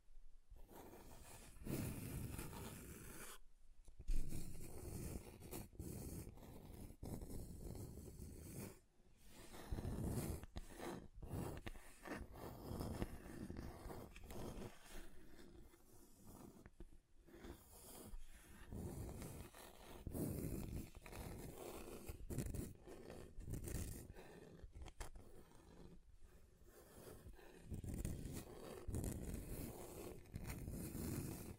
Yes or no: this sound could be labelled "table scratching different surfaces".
yes